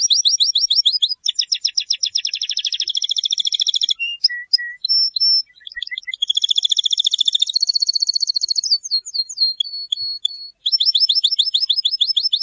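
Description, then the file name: Canary song, a long run of rapid rolling trills and buzzy tours, switching between high and mid-pitched phrases with brief pure whistled notes in between. "Canary Voice"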